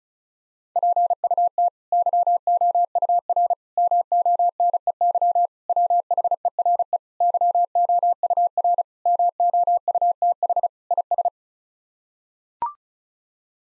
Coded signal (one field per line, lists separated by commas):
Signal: Morse code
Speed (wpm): 36 wpm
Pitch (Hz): 700 Hz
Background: none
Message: PUT YOUR MONEY WHERE YOUR MOUTH IS